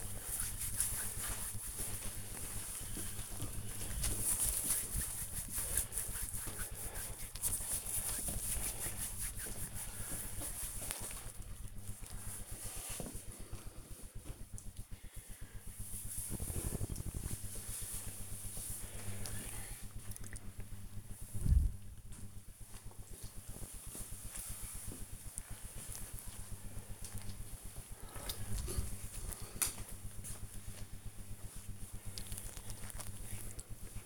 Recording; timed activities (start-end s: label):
household activities, microphone on the right wrist
0.00-10.64 s: disinfecting hands